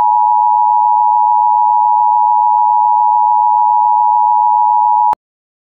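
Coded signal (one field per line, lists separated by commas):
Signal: Emergency Alert System (SAME) tones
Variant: 853 and 960 Hz attention tone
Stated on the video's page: Fan-made simulated EAS Emergency Action Notification for a nuclear attack.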